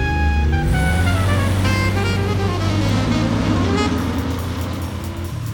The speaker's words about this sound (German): Jordan, Tom und ich setzten uns vorne in Gatsbys Wagen. Tom probierte die Gänge durch und schon schossen wir in die drückende Hitze hinaus.